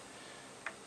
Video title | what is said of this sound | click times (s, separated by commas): LEGO 2022 Atari 2600 Video Computer System 10306 Exploration & Review | just snaps in place it's pretty clever on how that goes in | 0.7 s